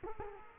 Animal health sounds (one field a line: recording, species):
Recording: mosquito wingbeat signal from an infrared sensor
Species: Culex quinquefasciatus